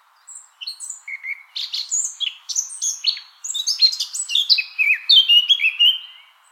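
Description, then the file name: Eurasian blackcap delivering a continuous, tumbling warble of varied chirps and whistles that grows louder and ends on clear, slightly descending fluty notes. "Sylvia atricapilla"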